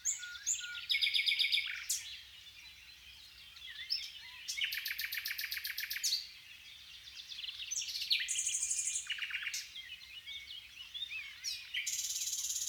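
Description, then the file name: Common nightingale song of rapid varied phrases, with buzzy trills, harsh rattles and high pure whistles separated by short pauses. "Luscinia megarhynchos"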